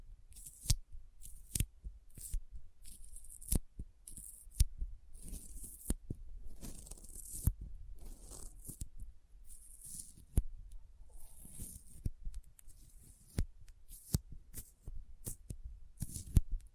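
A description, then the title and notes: Sticky fingers peel and tap in an irregular run of sharp clicks and smacking snaps, about one or two per second, with a few louder cracks. Between them, soft hissy, tacky crackling fills the gaps, bright and thin, over a faint low rumble. ASMR Intense Sticky Finger Sounds (No Talking).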